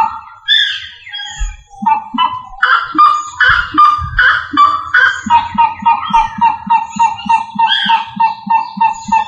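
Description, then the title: Rail calling, squawking notes that settle into a fast, steady run of repeated nasal calls. "LuckyFamilia RallidaeFrangoSama"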